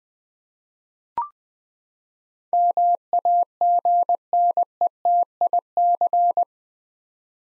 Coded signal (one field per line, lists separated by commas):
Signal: Morse code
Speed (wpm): 20 wpm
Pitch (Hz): 700 Hz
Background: none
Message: MAGNETIC